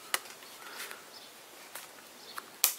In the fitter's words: Snaps back in there.